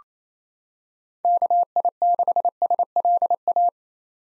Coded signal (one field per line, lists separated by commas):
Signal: Morse code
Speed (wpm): 28 wpm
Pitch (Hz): 700 Hz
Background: none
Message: KI6SLA